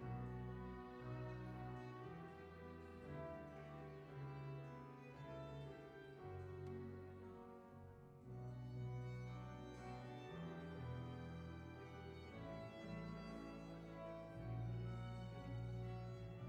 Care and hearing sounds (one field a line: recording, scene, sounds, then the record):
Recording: everyday scene through a hearing-aid microphone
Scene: reverberant space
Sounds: music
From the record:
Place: church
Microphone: behind the ear, right, front